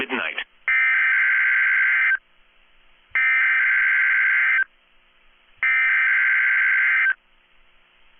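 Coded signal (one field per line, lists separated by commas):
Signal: Emergency Alert System (SAME) tones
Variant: header bursts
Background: speech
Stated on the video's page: NOAA Weather Radio weekly tests.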